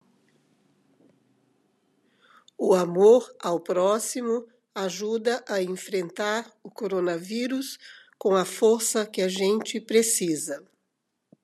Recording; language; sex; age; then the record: spoken sentence; Brazilian Portuguese; female; 60 to 69 years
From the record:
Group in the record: control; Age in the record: 67 years